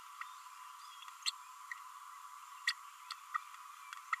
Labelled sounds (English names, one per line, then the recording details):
Green-rumped Parrotlet babbling
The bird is a female
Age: 32 days
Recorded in a nest box in Venezuela
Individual 17B32A7